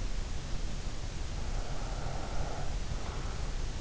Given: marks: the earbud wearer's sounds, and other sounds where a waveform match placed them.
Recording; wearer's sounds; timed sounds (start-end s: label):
sounds in sleep by an in-ear microphone; breath
1.18-3.75 s: breath